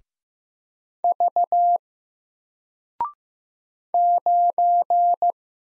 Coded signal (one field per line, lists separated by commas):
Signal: Morse code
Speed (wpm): 15 wpm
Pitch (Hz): 700 Hz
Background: none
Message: V 9